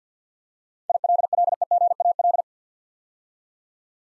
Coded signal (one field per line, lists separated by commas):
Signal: Morse code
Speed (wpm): 47 wpm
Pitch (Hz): 700 Hz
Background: none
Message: ILLEGAL